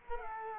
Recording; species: mosquito wingbeat signal from an infrared sensor; Culex quinquefasciatus